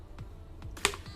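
A round white plastic knob-type snap clip holding a liner part in a motorcycle helmet is pried out. A few faint low thumps come before a sharp, bright plastic pop at 0.9 s as the clip comes free and is released. There are actually two of these clips.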